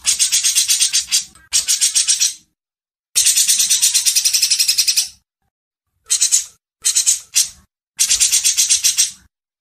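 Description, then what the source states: Grey-cheeked bulbul delivering several harsh rattles, some long and some brief, separated by silent gaps. Masteran training recording.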